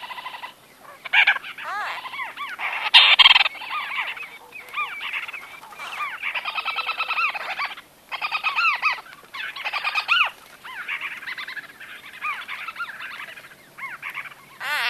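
White-fronted bee-eater calls: a busy run of liquid, rolling, harmonic notes, chattering almost continuously with short pauses between bursts.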